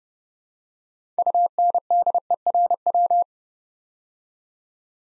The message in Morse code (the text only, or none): UNDERW